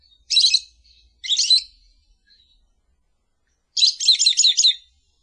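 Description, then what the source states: Lovebird calls: two harsh screechy chirps, a pause, then a longer stuttering chatter of rapid shrill notes. Sound used to lure lovebirds.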